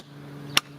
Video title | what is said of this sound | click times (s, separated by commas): CHEVROLET CRUZE FRONT MASTER WINDOW SWITCH RPELACEMENT REMOVAL. WINDOW NOT WORKING FIX CHEVY CRUZE | It goes only one certain way, and push it in until it clicks in all clips. | 0.6 s